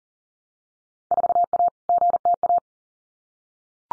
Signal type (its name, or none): Morse code